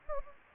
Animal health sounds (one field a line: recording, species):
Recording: mosquito wingbeat signal from an infrared sensor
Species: Anopheles gambiae